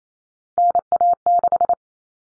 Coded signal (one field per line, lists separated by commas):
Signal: Morse code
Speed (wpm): 28 wpm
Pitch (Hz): 700 Hz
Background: none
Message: NA6